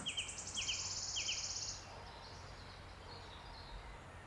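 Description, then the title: Wood warbler song: a shimmering high trill lasting nearly two seconds, with a few lower notes during it, then faint other birds behind. Male singing from oak canopy in ancient steep-sided wooded valley, South Wales, May, just after rain stopped, spring. "Sound Escape. listen to the cascade of wood warbler song in an ancient oak wood"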